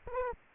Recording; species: mosquito wingbeat signal from an infrared sensor; Aedes aegypti